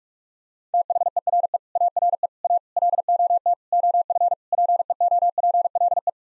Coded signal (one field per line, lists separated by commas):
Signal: Morse code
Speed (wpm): 44 wpm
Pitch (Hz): 700 Hz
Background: none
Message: THERE ARE A LOT OF PEOPLE